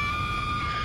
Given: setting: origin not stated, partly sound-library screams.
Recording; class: one-second piece from a danger detection set; woman in danger